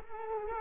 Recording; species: mosquito wingbeat signal from an infrared sensor; Culex quinquefasciatus